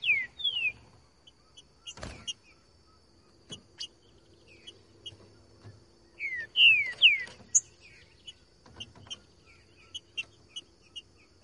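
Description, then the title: Green-winged Saltator singing short phrases of clear descending whistles, a louder run near the middle, between softer chips and an occasional knock. Song in the bush, used to warm up a trinca-ferro and get it singing; song labelled "voz 10". "Canto De Trinca Ferro Voz 10. TRINCA FERRO CANTANDO NO MATO. ESQUENTAR TRINCA FERRO"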